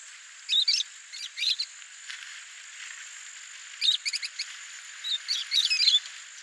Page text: Голоса птиц - Розовощекий неразлучник (Agapornis roseicollis)